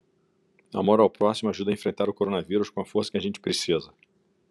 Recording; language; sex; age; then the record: spoken sentence; Brazilian Portuguese; male; 50 to 59 years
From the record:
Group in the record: control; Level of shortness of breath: 0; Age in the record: 53 years